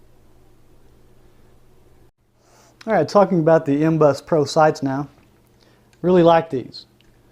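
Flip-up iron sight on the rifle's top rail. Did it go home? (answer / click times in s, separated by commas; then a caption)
no / none. An MBUS Pro folding flip-up iron sight on an AR15's top rail is handled while someone talks over a low steady hum. Two faint, brief ticks occur near 5.6 and 7.0 seconds, but the sight has not yet snapped up or locked on its stiff detents, and nothing has seated or clicked yet.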